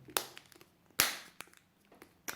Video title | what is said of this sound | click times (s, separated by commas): Jeep Cherokee Key Fob Battery Replacement (2014 - 2021) | position this on top and just click it all back together | 0.2 s, 1.0 s